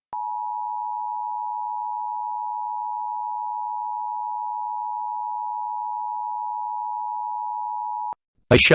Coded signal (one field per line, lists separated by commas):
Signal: Emergency Alert System (SAME) tones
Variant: 853 and 960 Hz attention tone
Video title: Parasitic: An EAS Scenario